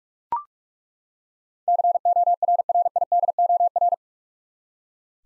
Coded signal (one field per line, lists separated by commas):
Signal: Morse code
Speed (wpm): 42 wpm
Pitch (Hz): 700 Hz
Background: none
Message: CORRIDOR